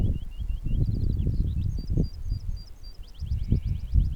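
Eurasian skylark song of quick, high repeated chirps and slurred notes in a continuous flow over loud low rumbling noise.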